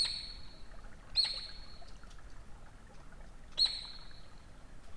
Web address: saukko lauri hallikainen. saukon voi loytaa sulapaikan liepeilta